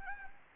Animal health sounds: mosquito wingbeat signal from an infrared sensor; Anopheles gambiae

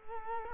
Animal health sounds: mosquito wingbeat signal from an infrared sensor; Culex quinquefasciatus

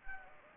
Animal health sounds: mosquito wingbeat signal from an infrared sensor; Anopheles gambiae

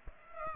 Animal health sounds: mosquito wingbeat signal from an infrared sensor; Aedes aegypti

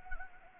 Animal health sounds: mosquito wingbeat signal from an infrared sensor; Anopheles arabiensis

